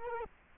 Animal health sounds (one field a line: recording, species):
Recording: mosquito wingbeat signal from an infrared sensor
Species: Culex quinquefasciatus